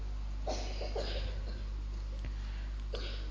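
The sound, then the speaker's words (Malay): An audience member coughs during a lecture: a few short, harsh coughs burst out in a quick cluster, then two more isolated ones follow after a pause, all over a steady low electrical hum. “Yang tidak batuk jangan batuk.”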